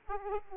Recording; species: mosquito wingbeat signal from an infrared sensor; Aedes aegypti